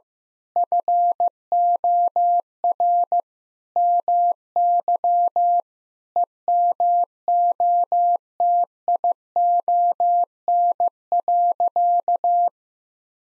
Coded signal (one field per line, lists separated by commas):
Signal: Morse code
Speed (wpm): 15 wpm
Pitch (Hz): 700 Hz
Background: none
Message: FOR MY EMOTION.